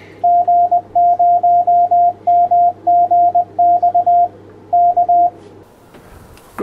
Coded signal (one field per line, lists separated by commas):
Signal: Morse code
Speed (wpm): 20 wpm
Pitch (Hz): 700 Hz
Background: radio noise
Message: G0MGX K